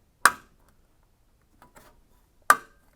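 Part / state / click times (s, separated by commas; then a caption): oven timer into control panel plastic holder / seated / 0.3 s, 2.5 s. An oven timer assembly is slid in at the bottom and pushed into the clear plastic holder on the oven control panel. Two loud, sharp clicks sound at 0.3 s and 2.5 s, with faint rustling in between. The timer snaps into place and is seated.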